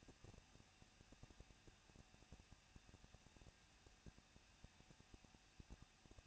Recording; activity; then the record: daily activity, microphone in the room; no activity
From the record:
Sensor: 2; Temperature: 21.0 degrees Celsius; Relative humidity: 37.3%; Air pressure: 1006.4 hPa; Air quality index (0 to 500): 220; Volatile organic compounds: 23 ppm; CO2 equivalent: 2778 ppm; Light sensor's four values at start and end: 2/3/2/2 and 2/3/2/2